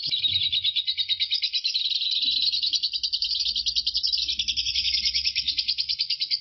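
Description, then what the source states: Lovebird producing a continuous, scratchy high chatter of rapid pulses with slightly uneven rhythm over a faint low hum. Lovebird Marco performing ngekek; the ngekek recording lasts 5 minutes 25 seconds.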